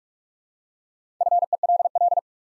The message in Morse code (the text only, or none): FELL